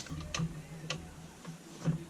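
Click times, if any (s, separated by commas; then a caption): 0.3 s, 0.9 s. A Garmin Striker Vivid SV7 fish finder display unit is set on its plastic swivel mount and turned, giving two sharp clicks at 0.3 s and 0.9 s as it snaps into detent stop positions. Low mechanical rustle runs underneath, with a softer knock near 1.9 s. The unit is seated on the mount with no wobble.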